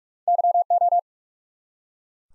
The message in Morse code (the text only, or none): YO